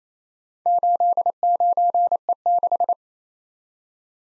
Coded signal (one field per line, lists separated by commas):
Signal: Morse code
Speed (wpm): 27 wpm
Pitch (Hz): 700 Hz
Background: none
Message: 89E6